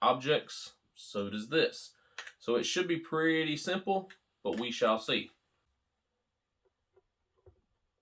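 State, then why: Not seated. A carbon filter element is lined up with the arrow markings on a water jerry can filter housing before being pushed down and twisted to lock. Someone talks for the first five seconds, followed by near silence with a few faint soft ticks near 6.6, 7.0 and 7.5 seconds. Nothing has seated or clicked yet.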